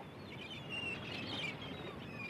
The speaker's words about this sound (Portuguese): Ah, que brisa agradável. As gaivotas e o barulho das ondas.